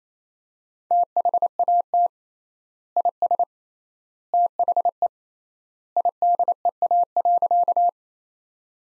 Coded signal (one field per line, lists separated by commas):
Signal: Morse code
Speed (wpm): 27 wpm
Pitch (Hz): 700 Hz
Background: none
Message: THAT IS THE IDEA.